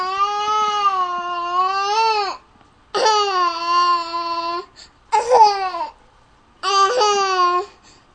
Baby Crying.